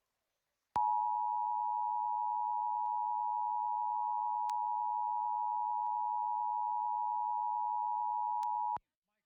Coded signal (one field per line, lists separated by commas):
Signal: Emergency Alert System (SAME) tones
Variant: 853 and 960 Hz attention tone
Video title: EAS #654 - Required Monthly Test #28